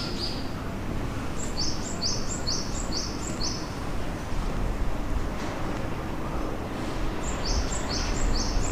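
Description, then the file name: Bird calls: a quick series of several short, high, clipped notes, then a shorter series near the end, over a steady low rumbling background noise. Shinagawa, March 2008. "bird shinagwa-200803"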